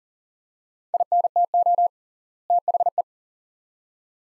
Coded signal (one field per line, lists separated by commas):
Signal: Morse code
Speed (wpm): 40 wpm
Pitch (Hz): 700 Hz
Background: none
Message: INTO THE